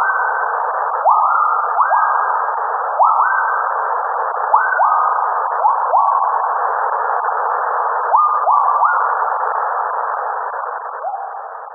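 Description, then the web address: Gibbon calls: a series of mid-pitched whooping notes, each sliding upward then holding, over a continuous hissing band. Two gibbons. "alex audio two gibbons"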